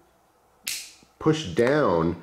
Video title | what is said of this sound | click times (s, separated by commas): IMPORTANT Things To Know BEFORE You Send Your Microtech Back For Repair... | to kind of snap you you clearly hear that snap it kind of pushes it back into its little groove whatever this is sitting in that | 0.7 s